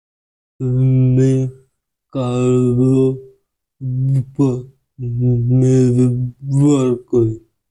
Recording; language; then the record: elicited speech; Bengali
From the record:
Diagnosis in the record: Broca's or global aphasia after a stroke